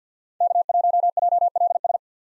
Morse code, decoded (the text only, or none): K1JLS